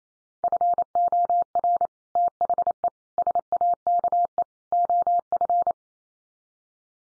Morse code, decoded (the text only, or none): FOR THE SAKE OF